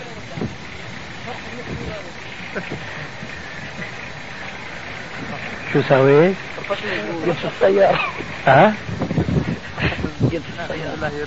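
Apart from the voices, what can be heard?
car engine running nearby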